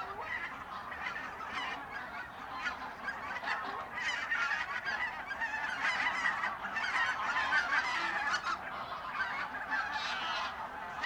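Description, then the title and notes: Goose: geese calling as a large flock, a dense overlapping chorus of honks and cackles without pause, with some higher calls standing out now and then. Geese at re-naturalised Polder Glies, Sellstedt, Germany, 9 November 2020; binaural ORTF with two t.bone SC 140 microphones, Rycote windjammer, TASCAM DR100 MK3. "Oies - Geese. Enregistrement binaural d'oiseaux dans la zone re-naturalisé de Polder Glies, Sellstedt, Allemagne. Enregistré le 09 Novembre 2020"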